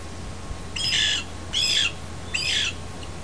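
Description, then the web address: Lewis's woodpecker gives three harsh, grating squawks about every 0.8 seconds, over a low steady hum. Mating, eastern Washington. "eastern-washington animals birds lewis-woodpeckers-mating"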